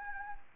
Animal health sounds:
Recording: mosquito wingbeat signal from an infrared sensor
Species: Anopheles gambiae

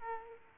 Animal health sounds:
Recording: mosquito wingbeat signal from an infrared sensor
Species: Aedes aegypti

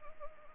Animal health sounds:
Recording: mosquito wingbeat signal from an infrared sensor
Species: Anopheles arabiensis

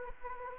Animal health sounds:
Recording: mosquito wingbeat signal from an infrared sensor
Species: Anopheles arabiensis

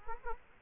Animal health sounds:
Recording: mosquito wingbeat signal from an infrared sensor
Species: Culex quinquefasciatus

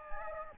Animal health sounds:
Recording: mosquito wingbeat signal from an infrared sensor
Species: Anopheles gambiae

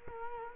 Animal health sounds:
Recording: mosquito wingbeat signal from an infrared sensor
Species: Culex quinquefasciatus

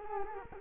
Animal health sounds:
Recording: mosquito wingbeat signal from an infrared sensor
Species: Culex quinquefasciatus

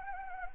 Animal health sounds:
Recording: mosquito wingbeat signal from an infrared sensor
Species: Anopheles arabiensis

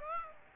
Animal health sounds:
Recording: mosquito wingbeat signal from an infrared sensor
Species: Aedes aegypti

